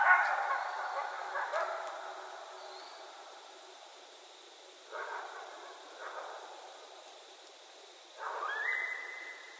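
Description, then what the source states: Coyote yips and short barks, loud at the start and tapering off, followed by three brief bursts separated by quiet pauses, the last ending in a thin howl. Coyotes, recorded on 13 January 2012.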